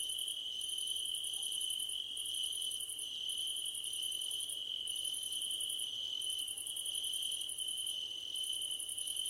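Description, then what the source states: Crickets chirp together, one giving long pulsed high trills with brief breaks while another holds an unbroken ringing note. Crickets at night under a starlit sky, nighttime ambience.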